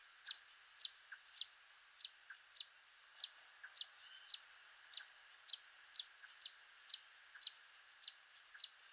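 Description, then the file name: Yellow warbler giving sharp, high chip notes, each a quick downward stroke, repeated roughly twice a second in a steady series; a fainter lower chirp sounds now and then. "Yellow Warbler - Setophaga petechia"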